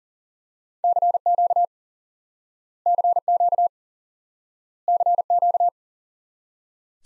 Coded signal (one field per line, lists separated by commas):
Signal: Morse code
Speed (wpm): 37 wpm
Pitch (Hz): 700 Hz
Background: none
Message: CQ CQ CQ